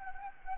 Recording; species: mosquito wingbeat signal from an infrared sensor; Anopheles gambiae